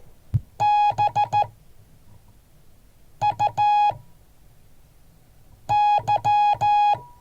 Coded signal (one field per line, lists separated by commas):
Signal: Morse code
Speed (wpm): 14 wpm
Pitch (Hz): 830 Hz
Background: none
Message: BUY